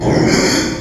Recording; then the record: squeal of a Yucatan mini pig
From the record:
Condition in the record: before surgery on the right vocal fold (resection and tissue-engineered implant); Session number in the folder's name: 1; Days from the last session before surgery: -3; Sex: male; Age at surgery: 12 weeks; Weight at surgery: 13 kg